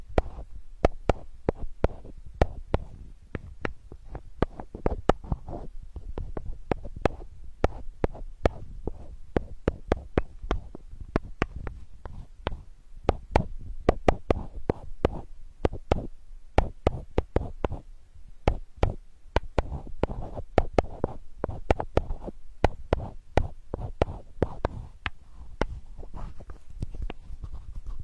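Sandalwood being tapped: sharp, dry knocks come in quick, uneven runs for the whole stretch, several per second with brief gaps. Each tap is crisp and bright, over a soft low rumble that stays steady underneath.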